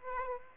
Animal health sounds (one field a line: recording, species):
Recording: mosquito wingbeat signal from an infrared sensor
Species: Aedes aegypti